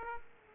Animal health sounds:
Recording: mosquito wingbeat signal from an infrared sensor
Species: Aedes aegypti

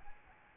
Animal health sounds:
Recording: mosquito wingbeat signal from an infrared sensor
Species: Aedes albopictus

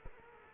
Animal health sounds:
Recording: mosquito wingbeat signal from an infrared sensor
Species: Culex quinquefasciatus

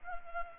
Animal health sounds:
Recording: mosquito wingbeat signal from an infrared sensor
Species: Culex pipiens

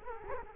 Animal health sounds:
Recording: mosquito wingbeat signal from an infrared sensor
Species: Culex quinquefasciatus

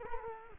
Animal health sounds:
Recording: mosquito wingbeat signal from an infrared sensor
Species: Culex quinquefasciatus

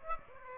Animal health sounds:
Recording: mosquito wingbeat signal from an infrared sensor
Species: Aedes aegypti

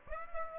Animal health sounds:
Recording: mosquito wingbeat signal from an infrared sensor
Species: Aedes aegypti

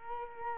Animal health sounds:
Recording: mosquito wingbeat signal from an infrared sensor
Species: Culex quinquefasciatus

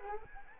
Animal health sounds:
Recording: mosquito wingbeat signal from an infrared sensor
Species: Anopheles arabiensis

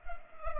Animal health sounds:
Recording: mosquito wingbeat signal from an infrared sensor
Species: Culex pipiens

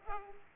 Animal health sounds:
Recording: mosquito wingbeat signal from an infrared sensor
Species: Culex pipiens

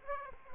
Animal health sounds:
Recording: mosquito wingbeat signal from an infrared sensor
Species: Aedes aegypti

